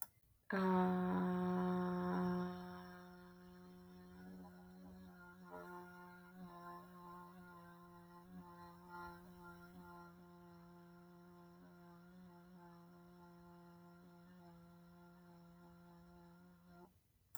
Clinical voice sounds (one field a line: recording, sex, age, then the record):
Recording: vowel held as long as possible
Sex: female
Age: 30 to 39 years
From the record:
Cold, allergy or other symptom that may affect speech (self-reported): no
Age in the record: 34 years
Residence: Georgia, United States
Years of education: 17